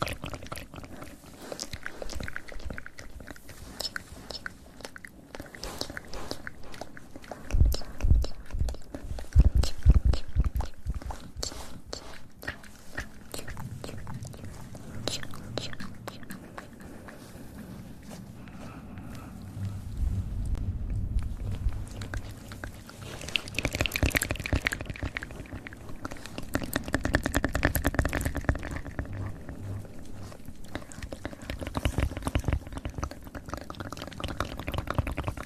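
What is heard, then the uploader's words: Fast mouth sounds, wet, with rapid clicks and smacking textures that come in dense bursts throughout. Stronger, louder stretches come around 8–10 seconds and again from about 20 seconds on, with lower, fuller chewing-like sounds. ASMR Fast Mouth Sounds.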